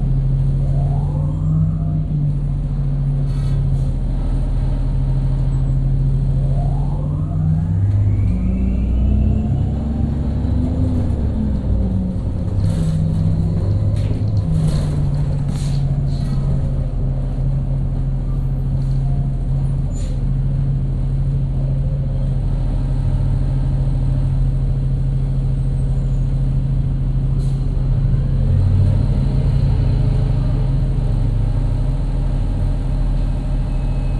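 A bus engine rumbles steadily throughout, a heavy low drone that rises and falls in pitch as it accelerates and shifts around the 2, 7 and 10 second marks. Sharp clunks and rattles break through repeatedly, especially between 12 and 20 seconds, over constant road noise.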